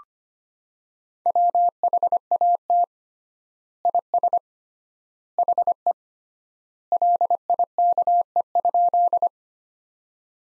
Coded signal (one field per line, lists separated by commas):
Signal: Morse code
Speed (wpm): 25 wpm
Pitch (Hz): 700 Hz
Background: none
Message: WHAT IS HE LIKE?